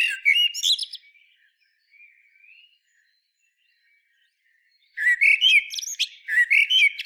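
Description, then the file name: Common blackbird song: a fluted warble fades out, a few seconds of near silence follow, then more warbling with shrill squeaky notes. "Turdus merula"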